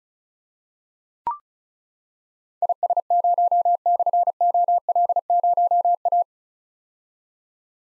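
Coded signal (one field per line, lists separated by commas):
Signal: Morse code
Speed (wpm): 36 wpm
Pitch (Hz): 700 Hz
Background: none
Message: IS0/OL0A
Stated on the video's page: Morse drill of difficult call signs containing slashes at 35 wpm, each sent, spoken, then sent again.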